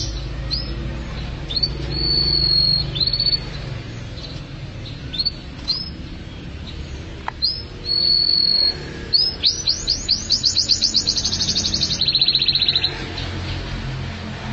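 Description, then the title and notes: Atlantic canary singing: high upslurred whistles and held notes, then a rapid rolling trill of rising notes before a long sustained whistle, over low background rumble. "BM Suara Burung Kenari"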